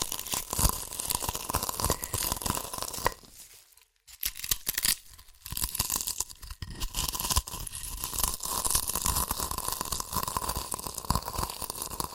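Crunchy chips being crushed, with dense, crackling and crinkling bursts filling most of the clip. The crunching breaks off briefly around the fourth second and again near the fifth, then resumes and continues steadily, bright and gritty, to the end.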